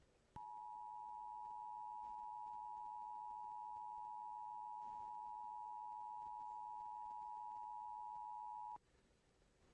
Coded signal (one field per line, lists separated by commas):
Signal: Emergency Alert System (SAME) tones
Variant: 853 and 960 Hz attention tone